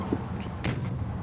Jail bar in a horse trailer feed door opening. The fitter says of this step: and it actually locks into place